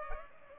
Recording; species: mosquito wingbeat signal from an infrared sensor; Culex pipiens